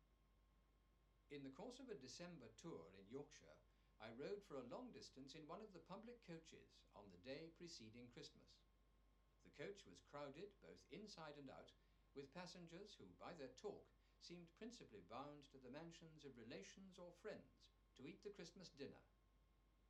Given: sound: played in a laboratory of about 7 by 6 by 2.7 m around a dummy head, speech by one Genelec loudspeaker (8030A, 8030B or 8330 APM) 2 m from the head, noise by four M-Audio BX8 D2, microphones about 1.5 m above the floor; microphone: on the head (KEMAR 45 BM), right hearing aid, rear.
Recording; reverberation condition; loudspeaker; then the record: male speech in English; low; 150 degrees to the right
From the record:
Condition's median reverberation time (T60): about 310 ms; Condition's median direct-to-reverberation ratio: about 3.5 dB